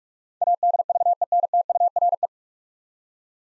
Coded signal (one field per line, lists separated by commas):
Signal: Morse code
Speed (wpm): 42 wpm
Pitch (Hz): 700 Hz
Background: none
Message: ADVENTURE